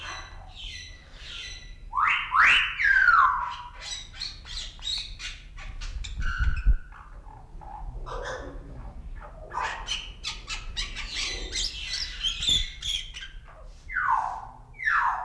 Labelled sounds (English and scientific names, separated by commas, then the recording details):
Common Hill Myna (Gracula religiosa) call
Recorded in captivity
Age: adult
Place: Zoo Berlin, Berlin, DE
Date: 1994-03-12 11:17
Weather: light rain shower, 7°C
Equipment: Marantz CP 430, Sennheiser ME 80, Kopie Uher Variocord 263
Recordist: Tembrock, Günter